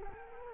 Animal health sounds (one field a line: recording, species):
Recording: mosquito wingbeat signal from an infrared sensor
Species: Culex quinquefasciatus